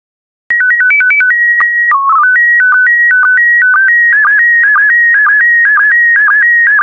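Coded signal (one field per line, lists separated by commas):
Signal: SSTV (slow-scan television)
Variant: PD120 mode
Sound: short warbling tone header, then a steady whistling tone with regular clicking dips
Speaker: complete. You can now check your decoded image against the picture that is shown on the video.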